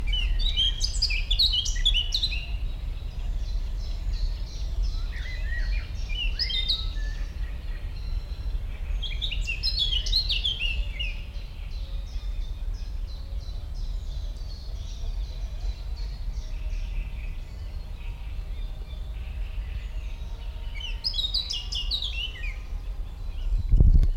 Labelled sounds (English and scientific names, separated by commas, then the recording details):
Eurasian Blackcap (Sylvia atricapilla)
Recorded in the wild
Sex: male
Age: adult
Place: Botanische Anlage Blankenfelde, Berlin, DE
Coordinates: 52.603, 13.4
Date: 1993-05-30 10:52
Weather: heiter, 18-21°C
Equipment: Marantz CP 430, Sennheiser ME 80, Kopie Uher Variocord 263
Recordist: Tembrock, Günter